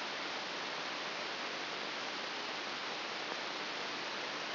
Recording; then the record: brain microelectrode recording played as sound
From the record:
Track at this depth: inside the subthalamic nucleus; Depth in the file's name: 5.801 mm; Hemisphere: right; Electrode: 3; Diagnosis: Parkinson's disease